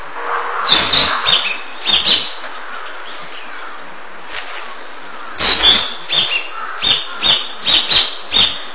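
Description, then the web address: Narcissus flycatcher song: a run of quick, clipped whistles and hard ticking notes, pausing, then a second rhythmic burst of repeated sharp notes. May 2002. "saiziki 2002 05 kibitaki"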